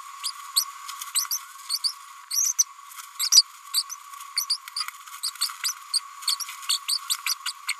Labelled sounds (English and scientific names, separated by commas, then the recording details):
Green-rumped Parrotlet (Forpus passerinus) babbling
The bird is a female
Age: 32 days
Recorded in a nest box in Venezuela
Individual 17B102A5